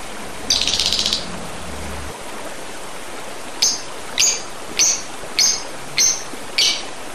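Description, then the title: Oriental magpie-robin opening with a quick buzzy rattle, then after a pause sharp high single notes in a steady series, with constant hiss behind. "Kicau Kacer"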